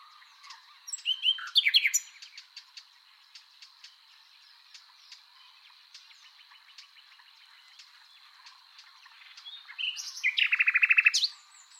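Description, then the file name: Common nightingale song with a burst of rich notes near the start, scattered soft clicks, then a loud buzzy rattling phrase toward the end, over a steady high hum. "Luscinia megarhynchos"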